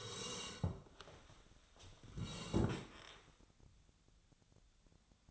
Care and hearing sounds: daily activity, microphone in the room; sit down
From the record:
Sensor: 3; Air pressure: 1015.2 hPa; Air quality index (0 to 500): 171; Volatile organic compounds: 14 ppm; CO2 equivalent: 2446 ppm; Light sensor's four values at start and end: 11/27/11/12 and 12/30/12/13

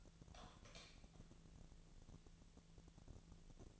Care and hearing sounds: daily activity, microphone in the room; light on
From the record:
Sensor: 4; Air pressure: 1000.9 hPa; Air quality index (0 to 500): 124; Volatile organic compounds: 1 ppm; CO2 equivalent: 928 ppm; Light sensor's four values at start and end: 31/75/31/34 and 34/86/35/38

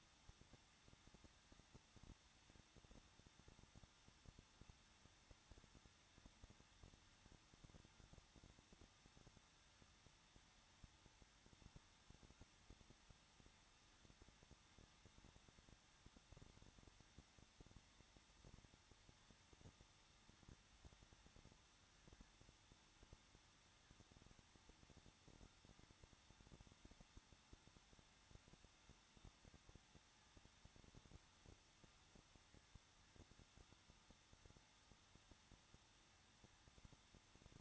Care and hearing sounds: daily activity, microphone in the room; no activity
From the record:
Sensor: 3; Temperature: 21.2 degrees Celsius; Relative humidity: 36.3%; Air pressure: 1006.2 hPa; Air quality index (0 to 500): 222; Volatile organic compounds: 41 ppm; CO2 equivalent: 3170 ppm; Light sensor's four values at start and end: 2/3/2/2 and 2/3/2/2

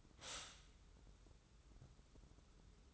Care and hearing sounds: daily activity, microphone in the room; stop toaster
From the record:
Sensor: 3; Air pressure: 994.5 hPa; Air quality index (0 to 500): 200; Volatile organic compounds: 1000 ppm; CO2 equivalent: 6647 ppm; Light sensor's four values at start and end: 186/447/189/188 and 186/447/189/188

